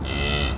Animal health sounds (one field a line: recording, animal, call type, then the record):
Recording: contact call of a hoofed animal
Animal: cattle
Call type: low-frequency (closed-mouth) or high-frequency (open-mouth) call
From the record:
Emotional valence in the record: negative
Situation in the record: full separation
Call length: 0.58 s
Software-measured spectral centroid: 2090 Hz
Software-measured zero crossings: 2200 a second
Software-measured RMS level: -24 dBFS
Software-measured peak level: -10 dBFS